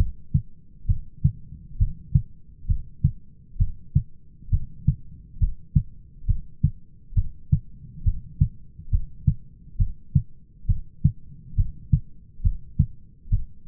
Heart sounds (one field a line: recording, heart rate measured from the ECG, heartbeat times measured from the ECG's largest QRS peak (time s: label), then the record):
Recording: heart sounds by stethoscope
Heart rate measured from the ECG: 68 bpm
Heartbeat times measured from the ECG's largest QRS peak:
0.89 s: heartbeat
1.80 s: heartbeat
2.69 s: heartbeat
3.60 s: heartbeat
4.52 s: heartbeat
5.41 s: heartbeat
6.28 s: heartbeat
7.16 s: heartbeat
8.06 s: heartbeat
8.92 s: heartbeat
9.79 s: heartbeat
10.69 s: heartbeat
11.57 s: heartbeat
12.44 s: heartbeat
13.32 s: heartbeat
From the record:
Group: heart failure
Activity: rest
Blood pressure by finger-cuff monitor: 121/93 mmHg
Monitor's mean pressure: 103 mmHg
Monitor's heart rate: 68 bpm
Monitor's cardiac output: 5.7 L/min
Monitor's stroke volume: 85 mL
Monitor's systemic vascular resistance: 1360 dyn s/cm5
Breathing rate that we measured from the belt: 18 breaths a minute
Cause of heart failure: idiopathic cardiomyopathy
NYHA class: 1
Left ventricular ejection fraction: 50%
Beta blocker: bisoprolol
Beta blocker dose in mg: 5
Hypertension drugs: candesartan, spironolactone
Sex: male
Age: 54 years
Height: 180 cm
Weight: 94.6 kg